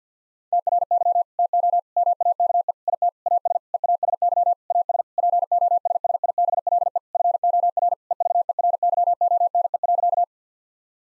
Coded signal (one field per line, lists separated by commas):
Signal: Morse code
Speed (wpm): 50 wpm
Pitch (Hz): 700 Hz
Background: none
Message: TRY TO MAKE IT AS EASY AS POSSIBLE FOR EVERYONE.